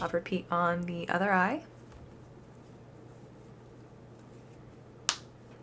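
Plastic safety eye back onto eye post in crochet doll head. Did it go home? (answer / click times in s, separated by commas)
yes / 5.1 s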